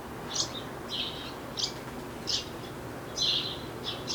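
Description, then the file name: House sparrow giving sharp, bright chirps in a loose series over quiet background hiss. "Passer domesticus"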